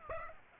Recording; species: mosquito wingbeat signal from an infrared sensor; Aedes aegypti